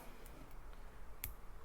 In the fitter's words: 되며 딸깍 소리가 나게 됩니다